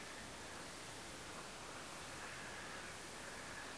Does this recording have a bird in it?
no